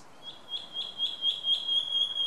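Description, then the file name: Common nightingale song: a pure, steady high whistle pulsing in repeated beats that grow steadily louder across the phrase. "Luscinia megarhynchos"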